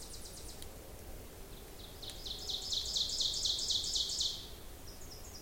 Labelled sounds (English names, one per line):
Ovenbird song